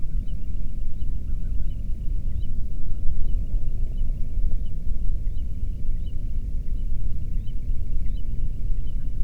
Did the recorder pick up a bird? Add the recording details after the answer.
yes. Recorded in the Prudhoe Bay oil fields, Alaska, on 13 June 2019 at 00:35. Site 30